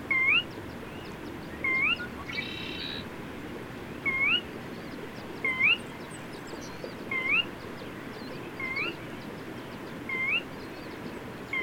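Bird song: repeated rising whistled slurs, around eight in sequence with uneven gaps, a short rough burst early on, and faint chirps from other birds.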